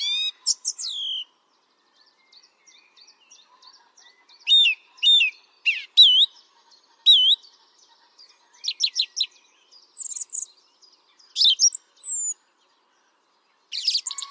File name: Pevchij drozd - Pesnya pevchego drozda